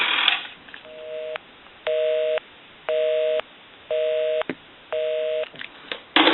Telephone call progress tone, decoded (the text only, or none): busy tone